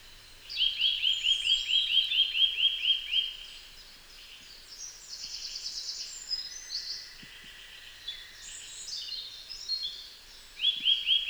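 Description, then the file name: Eurasian nuthatch giving a fast run of upswept whistled notes for about three seconds, a shorter burst near the end, with other birds chirping higher in the background. "Sitta europaea"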